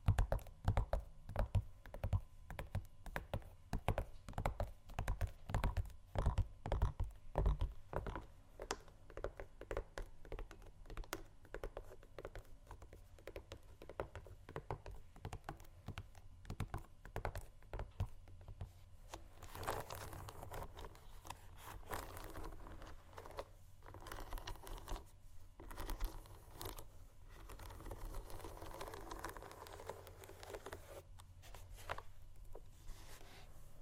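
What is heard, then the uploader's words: Shoes tap and scratch in dense, uneven clusters, with heavier low thumps for the first eight seconds and softer, brighter scraping after twenty seconds. ASMR Shoes Scratching & Tapping（No Talking）.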